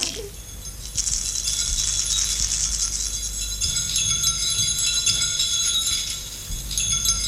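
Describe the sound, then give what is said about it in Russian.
A jailer's bunch of keys jangles almost nonstop for several seconds, bright metallic clinks and rattles, with soft, dull thumps of footsteps along prison corridors underneath and no voices. “Звон ключей тюремщика, гулкие шаги по коридорам.”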